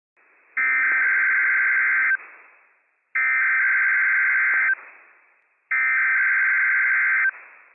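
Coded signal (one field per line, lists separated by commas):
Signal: Emergency Alert System (SAME) tones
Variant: header bursts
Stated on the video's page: Required Weekly Test from the National Weather Service, broadcast on NOAA Weather Radio transmitter WWF56, with operational EAS tones.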